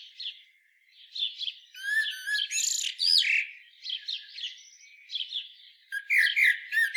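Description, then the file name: Common blackbird sings a run of rich warbled notes that climbs into shrill, chattering squeaks before tailing off, then starts again. "Turdus merula"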